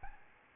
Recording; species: mosquito wingbeat signal from an infrared sensor; Aedes albopictus